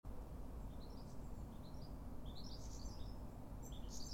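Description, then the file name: European goldfinch calls, soft tinkling chirps scattered throughout, with a continuous low droning noise underneath. "Carduelis carduelis"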